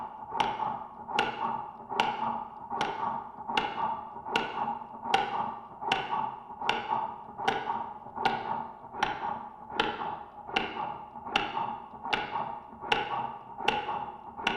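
Regular sharp tapping beats at about 77 a minute over a steady hum: a simulated heartbeat from a heart simulator.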